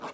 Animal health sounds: pig call; piglet (1 to 25 days)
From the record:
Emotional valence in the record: negative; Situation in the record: fighting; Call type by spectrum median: low-frequency call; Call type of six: low-frequency tonal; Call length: 0.13 s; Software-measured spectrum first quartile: 618 Hz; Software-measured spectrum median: 1003 Hz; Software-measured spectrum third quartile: 1667 Hz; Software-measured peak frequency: 851 Hz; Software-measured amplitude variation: 98 dB a second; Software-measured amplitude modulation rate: 3.8 a second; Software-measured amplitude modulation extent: 26.2 dB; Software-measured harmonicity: -0.5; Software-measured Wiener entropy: -0.59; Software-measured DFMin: 833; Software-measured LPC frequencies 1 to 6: 765, 1116, 2513, 3540, 4316, 5224 Hz

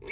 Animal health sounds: pig call; weaner (32 to 43 days)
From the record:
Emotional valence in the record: negative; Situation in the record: novel object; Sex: female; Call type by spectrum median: high-frequency call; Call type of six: high-frequency stable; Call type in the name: high-frequency stable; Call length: 0.12 s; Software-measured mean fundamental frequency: 425 Hz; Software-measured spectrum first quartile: 1291 Hz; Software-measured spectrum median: 2352 Hz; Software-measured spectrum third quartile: 4448 Hz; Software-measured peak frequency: 2280 Hz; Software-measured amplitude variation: 97 dB a second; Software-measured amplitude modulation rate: 4.1 a second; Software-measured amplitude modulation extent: 23.7 dB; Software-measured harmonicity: 4.9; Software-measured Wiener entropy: -3.37

